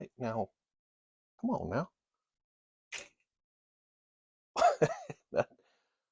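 Someone talks while an RC crawler truck body is dropped or thrown onto its chassis body mounts to make it lock into place, and a faint impact is heard. The body has not seated or clicked onto the mounts yet.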